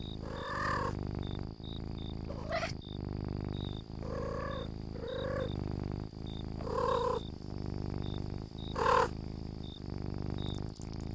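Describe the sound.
Domestic cat meowing repeatedly, several short tonal mews, one sliding upward, over a soft purring rumble and faint high chirps.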